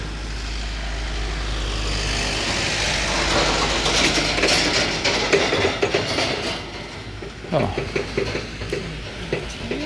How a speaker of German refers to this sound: Ja, ein Auto mit einem Hänger mit Absperrdingern hinten drauf. Schön, ne?